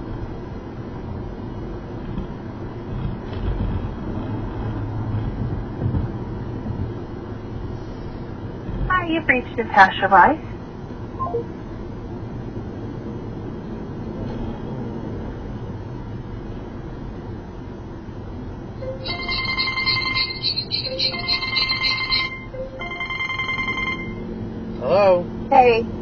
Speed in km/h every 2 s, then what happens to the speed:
77, 77, 79, 79, 72, 68, 69, 74, 69, 60, 50, 48, 58.
0-6 steady at about 77. 6-10 slows to 68. 10-15 steady at about 69. 15-22 brakes to 48. 22-26 speeds up to 58.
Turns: none.